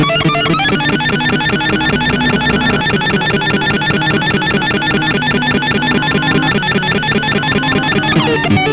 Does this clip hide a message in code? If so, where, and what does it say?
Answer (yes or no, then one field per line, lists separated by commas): no